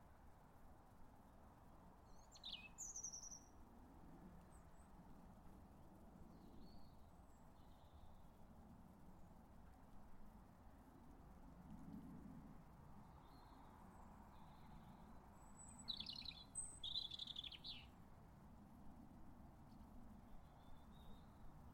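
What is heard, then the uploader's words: House martins give brief high chirps and twitters overhead, clustered near three and seventeen seconds, above a steady low outdoor rumble and hush. A mellow moment beside a sleepy Somerset canal. It's a lazy September afternoon on a Somerset canal. The last of summer's house martins are hawking for small insects high above. Recorded and presented by Hannah Tribe.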